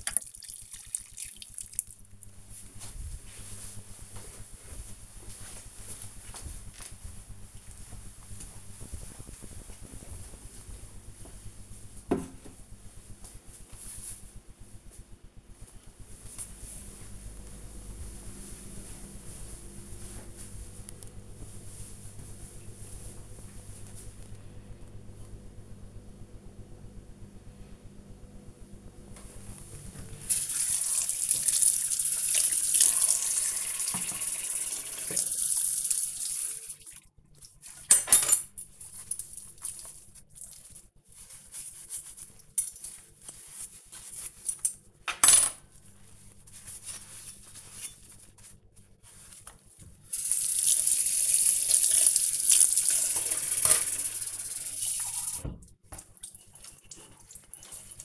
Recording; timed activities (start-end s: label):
household activities, microphone on the right wrist
0.00-10.34 s: watering plant
28.45-58.05 s: washing dishes